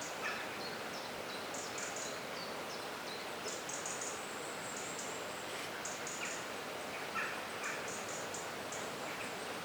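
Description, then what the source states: Birds singing, dense high-pitched twittering phrases overlapping throughout, over a continuous noisy background. Birdsong in a forest.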